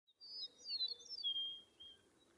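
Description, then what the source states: Bird song: one quick phrase of high twittering notes sliding down into a longer thin whistle. In a meadow.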